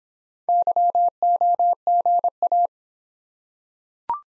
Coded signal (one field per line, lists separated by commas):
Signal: Morse code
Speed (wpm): 26 wpm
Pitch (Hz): 700 Hz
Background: none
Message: YOGA